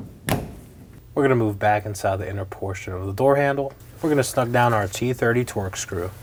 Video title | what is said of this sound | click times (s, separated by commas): How to Replace Rear Exterior Door Handles 2014-2023 Ford Transit Connect | Just slide it into place until it clicks. | 0.3 s